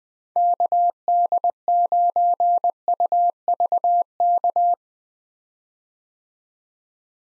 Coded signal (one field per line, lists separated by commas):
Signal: Morse code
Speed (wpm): 20 wpm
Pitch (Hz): 700 Hz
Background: none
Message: KD9UVK